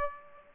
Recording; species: mosquito wingbeat signal from an infrared sensor; Aedes aegypti